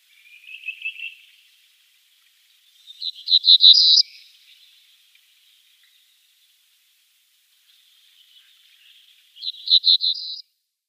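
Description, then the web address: Cinereous bunting song: a low buzzy trill, then a brighter, louder phrase of rapid clipped notes, repeated several seconds later in a quiet setting. "Schulze Peter Cinereous Bunting song"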